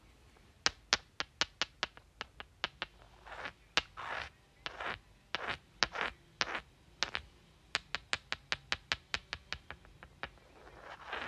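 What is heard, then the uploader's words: Rocks are clicked together in quick, sharp knocks, sometimes in rapid bursts of three or four, with short scraping rubs between them. The rubbing comes as brief gritty swells around the middle and again at the end, while the clicks keep a loose, uneven rhythm throughout. Clicking and Rubbing Rocks.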